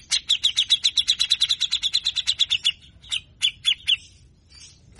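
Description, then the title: Grey-cheeked bulbul delivering a quick run of harsh, evenly repeated notes, then a few separate sharp notes. Long-duration harsh 'besetan' chattering, said to stimulate a grey-cheeked bulbul's song and emotion so it soon sings well; training recording. "CUCAK JENGGOT GACOR FULL BESETAN KASAR DURASI PANJANG"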